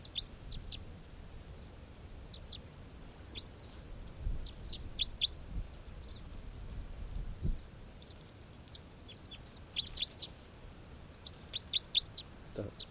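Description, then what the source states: Red Crossbill calls, short raspy chips in loose irregular bursts throughout, over low background rumble. Wild juvenile crossbill thought to be type 3 with an interesting variant; low raspy calls described as really weird; recorded around 10:22.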